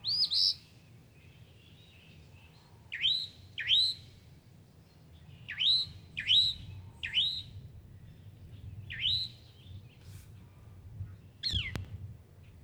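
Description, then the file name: Northern mockingbird song: sharp upslurred notes, given singly or in short groups at uneven intervals, separated by brief silences. Recorded at Brownings on 14 May 2024. "Northern-Mockingbird Brownings-05-14-2024-N-Levey"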